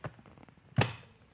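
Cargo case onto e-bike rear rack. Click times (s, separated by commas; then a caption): 0.8 s. A removable cargo case is lined up by its two front tabs with the holes on an e-bike's rear rack pad and pushed down onto the rack. A soft knock at the start and a few faint taps are followed by a sharp, loud click at 0.8 s as the case seats and locks into place.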